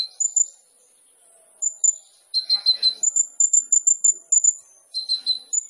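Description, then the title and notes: Sunbird: high, thin bird notes and short trills in quick irregular series, with clean, quiet background. Indonesian masteran training recording of a ninja sunbird for songbirds, described as gacor, full of varied fills and shooting notes, suited to lure or provoke birds. "MASTERAN KOLIBRI NINJA TERBAIK FULL ISIAN DAN TEMBAKAN MEWAH COCOK BUAT PANCINGAN. Suara Burung Kolibri Ninja Gacor"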